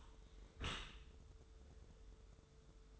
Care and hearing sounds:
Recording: daily activity, microphone in the room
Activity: close dishwasher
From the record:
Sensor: 3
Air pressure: 1014.9 hPa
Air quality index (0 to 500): 33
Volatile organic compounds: 1 ppm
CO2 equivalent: 551 ppm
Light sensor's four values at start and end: 11/26/11/11 and 11/26/11/11

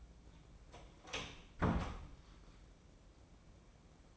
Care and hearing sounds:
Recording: daily activity, microphone in the room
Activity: close door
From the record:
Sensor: 1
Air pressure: 1012.4 hPa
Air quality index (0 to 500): 165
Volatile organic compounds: 3 ppm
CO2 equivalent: 1353 ppm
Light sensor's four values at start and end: 839/1826/851/978 and 842/1833/854/981

